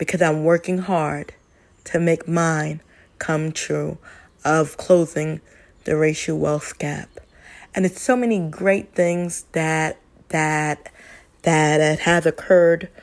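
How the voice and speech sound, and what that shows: Adult woman speaking with stuttering, stumbling on words with word repetitions ("that that that") and pauses between phrases.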